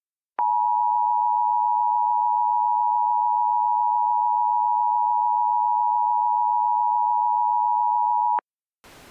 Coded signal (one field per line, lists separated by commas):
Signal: Emergency Alert System (SAME) tones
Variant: 853 and 960 Hz attention tone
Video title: El Lobo Negro and the River - an EAS Scenario/Audio Drama